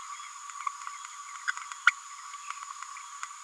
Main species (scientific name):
Forpus passerinus